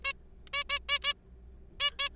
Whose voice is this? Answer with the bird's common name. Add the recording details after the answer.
Zebra Finch. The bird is a juvenile. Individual R3428